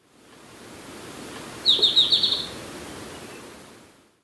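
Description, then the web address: Golden-faced tyrannulet calling a quick string of several high, sharp notes in a short burst over steady background hiss. Recorded in Ecuador. "Natures Songs S America Birds of Ecuador Golden-faced Tyrannulet"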